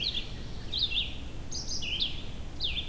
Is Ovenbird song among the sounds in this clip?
no